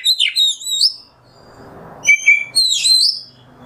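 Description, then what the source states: Oriental magpie-robin song: two bursts of high, bright whistles and downslurred chirps with a quiet gap between them. Indonesian masteran (tutor recording) of kacer, the oriental magpie-robin, singing in the 'nembak' song style.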